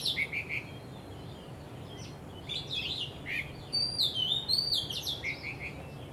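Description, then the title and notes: Bird song: a few short chirps, then a fuller burst of warbled whistles and high slurred notes in the second half. Birds singing vigorously at Wu Kai Sha, Hong Kong, on 15 December 2006; recorded with AKG condenser microphones in XY stereo. "香港 烏溪沙 雀鳥勁唱歌 Date: 15 December 2006"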